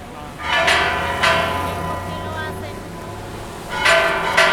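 Church bells in Bogotá, Colombia, between San Francisco and La Candelaria, ring out in a steady peal, bright metallic strikes recurring about every second and a half, each leaving a long shimmering hum of overtones that carries through.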